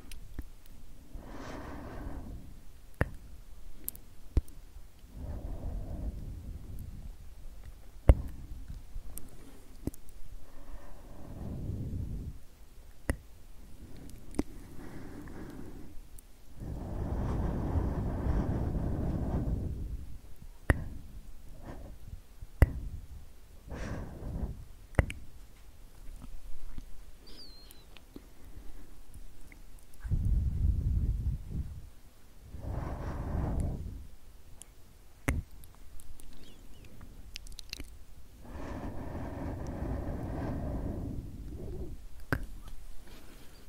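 Slow "sk sk" mouth sounds come in soft, breathy swells every few seconds, separated by quiet pauses, with a longer stretch around the twenty-second mark. Sharp wet clicks and small pops are scattered throughout over an otherwise hushed background.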